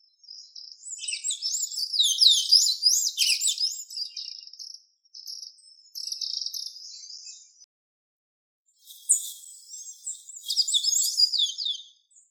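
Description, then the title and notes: Golden-chevroned tanager giving loud, high, rapid twittering song in long tumbling phrases, a quieter stretch, a short pause, then another energetic burst of squeaky notes. "Sanhaçu-de-encontro-amarelo Golden-chevroned Tanager (Tangara ornata)"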